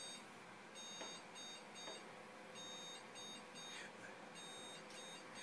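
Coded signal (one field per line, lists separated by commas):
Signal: beep code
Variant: desktop PC POST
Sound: repeated high-pitched electronic beeps of uneven length, several in a row, over faint hiss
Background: quiet room noise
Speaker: that's what the um the noise displays when you have no ram installed into your computer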